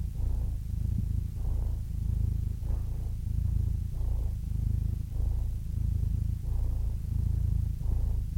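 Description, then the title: Domestic cat purring steadily, a deep rumble rising and falling in even breath cycles about every 1.3 seconds. "Adorable Cat Meows"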